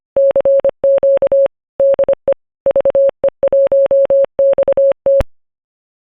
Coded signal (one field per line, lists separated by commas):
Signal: Morse code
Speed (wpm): 25 wpm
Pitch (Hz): 550 Hz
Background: none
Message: CQ DE VE1XT